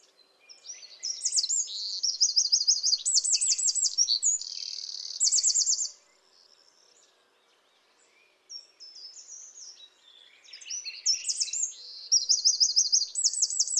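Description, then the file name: Eurasian wren singing two loud, high phrases of fast trills and buzzy rattles, separated by a short quiet gap. "Troglodytes troglodytes"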